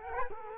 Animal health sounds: mosquito wingbeat signal from an infrared sensor; Culex quinquefasciatus

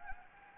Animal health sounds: mosquito wingbeat signal from an infrared sensor; Anopheles gambiae

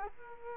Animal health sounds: mosquito wingbeat signal from an infrared sensor; Aedes aegypti

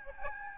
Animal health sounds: mosquito wingbeat signal from an infrared sensor; Aedes albopictus

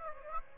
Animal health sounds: mosquito wingbeat signal from an infrared sensor; Aedes aegypti

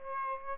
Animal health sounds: mosquito wingbeat signal from an infrared sensor; Aedes aegypti

